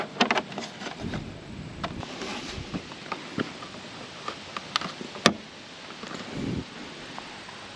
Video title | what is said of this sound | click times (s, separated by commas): Snap On Heat Deflectors - Triumph Tiger 850 & 900 | and there we go snaps right in so | 4.8 s, 5.3 s